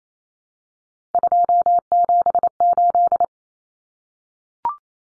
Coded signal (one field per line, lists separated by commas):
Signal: Morse code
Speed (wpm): 28 wpm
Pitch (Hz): 700 Hz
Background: none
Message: 278